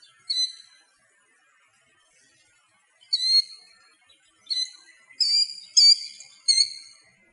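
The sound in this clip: Killdeer piercing high notes, a single call then a long pause before a series of sharp calls coming closer together.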